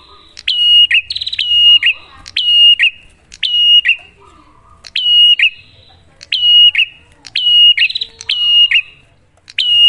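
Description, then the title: Prinia song of repeated phrases, a short buzzy rattle then a bright downslurred whistle, about once a second, with a faint low hum beneath. Lure recording to stimulate prinias to sing, a duet of Cililin versus Kapas Tembak song types. "Masteran Duet Cililin Vs Kapas Tembak. Pancingan Prenjak Gacor"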